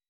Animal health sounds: hydrophone in a shrimp aquaculture tank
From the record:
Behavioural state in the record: weakened

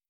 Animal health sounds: hydrophone in a shrimp aquaculture tank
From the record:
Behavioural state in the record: stressed

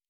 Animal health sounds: hydrophone in a shrimp aquaculture tank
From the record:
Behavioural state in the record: normal

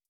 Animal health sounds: hydrophone in a shrimp aquaculture tank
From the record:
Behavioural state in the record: starved

